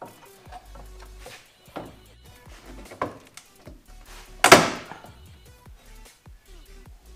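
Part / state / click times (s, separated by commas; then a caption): turn signal housing into truck front end/headlight assembly / not seated / none. A plastic turn signal housing is pushed into the front end headlight assembly of a 2003 Ford F-150 over background music, with a few light knocks before a loud, sharp snap at about 4.5 s. The snap is the plastic mounting bracket breaking off the back of the housing, so the turn signal has not seated or clicked into place.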